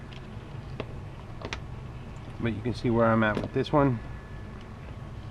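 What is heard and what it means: A plastic piece of an RC quadcopter speeder-bike frame is handled near its slot on the frame while someone talks, with a few faint handling ticks under low background noise. Nothing has seated or snapped into place yet.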